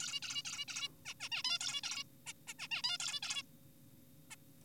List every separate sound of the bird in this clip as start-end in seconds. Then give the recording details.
0.00-0.20, 0.23-0.43, 0.45-0.65, 0.68-0.88, 1.06-1.14, 1.20-1.29, 1.32-1.43, 1.44-1.58, 1.61-1.81, 1.83-2.04, 2.27-2.33, 2.47-2.53, 2.59-2.68, 2.71-2.82, 2.84-2.98, 3.00-3.20, 3.23-3.43, 4.31-4.36. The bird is an adult. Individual g4p5U